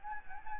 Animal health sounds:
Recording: mosquito wingbeat signal from an infrared sensor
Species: Anopheles gambiae

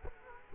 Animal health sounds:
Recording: mosquito wingbeat signal from an infrared sensor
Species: Culex quinquefasciatus

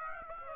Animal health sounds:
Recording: mosquito wingbeat signal from an infrared sensor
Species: Aedes aegypti

